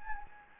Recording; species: mosquito wingbeat signal from an infrared sensor; Anopheles gambiae